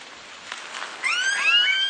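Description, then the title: Smooth-billed ani call: two overlapping rising, whining whistles with overtones arrive after a second of quiet background hiss. "LuckyPassaro Completos2Sama. Smooth-billed Ani (Crotophaga ani)"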